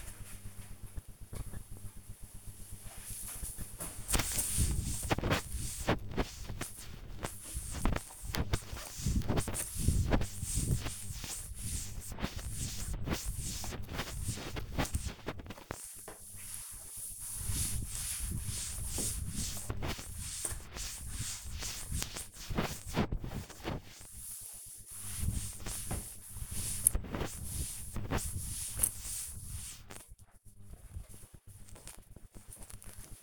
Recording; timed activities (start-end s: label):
household activities, microphone on the right wrist
1.03-30.19 s: cleaning table